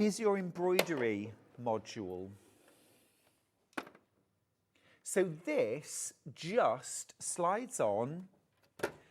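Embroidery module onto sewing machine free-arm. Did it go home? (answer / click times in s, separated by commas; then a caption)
yes / 8.8 s. An embroidery module is slid onto the free-arm of a combination sewing/embroidery machine, in place of the accessory box, while someone talks. A single sharp click is heard at 8.8 s as it seats into place, putting the machine in embroidery mode.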